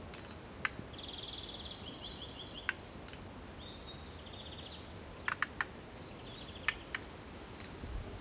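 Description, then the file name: Bird song: clear, very high whistled notes repeat every second or so, with occasional short buzzy trills and sharp chips in between over a soft, steady background hiss. "PAJAROS"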